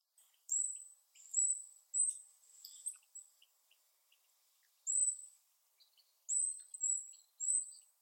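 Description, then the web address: Bird calls: sharp, high, thin whistled notes in several bursts with a quiet gap in the middle. "Bird Only"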